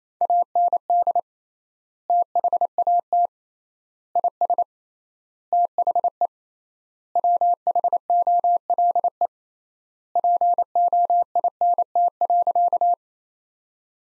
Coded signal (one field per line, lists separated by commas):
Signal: Morse code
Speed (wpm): 27 wpm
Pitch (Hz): 700 Hz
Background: none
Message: AND THAT IS THE WHOLE POINT.